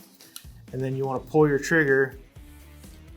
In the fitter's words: drop the front down until it clicks